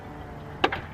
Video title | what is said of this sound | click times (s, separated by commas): The 2021 Audi Q5 is a Luxurious, Fun, And Sporty Compact SUV | it fully locks in place and they transfer back to the illuminated swooping LEDs. | 0.6 s, 0.7 s